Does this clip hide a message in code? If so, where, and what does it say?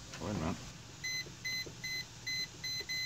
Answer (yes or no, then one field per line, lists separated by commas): no